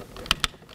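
A plastic wiring connector is pressed into its socket on the back of the interior door panel of a 1988-2000 Chevy K1500 during an interior door handle replacement. A sharp click at 0.3 s marks it seating, followed by a second click at 0.5 s. The connector is seated and holds firm when tugged.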